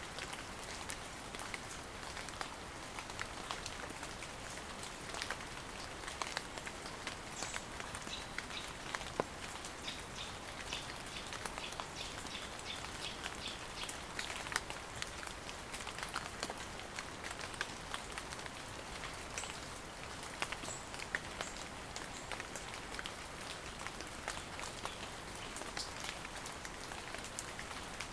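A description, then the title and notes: Rain falls through woodland, a dense, steady patter of drops striking leaves for the whole stretch. Sharper individual drips crack out every second or so over a soft, bright hiss, with little happening in the low end and no other sounds. On the southern flanks of the Usk Valley beneath the damp uplands of Mynydd Llangatwg are the remnants of an old limestone quarry. When rain falls, the stunted hazel and oak woods are a joy to be among.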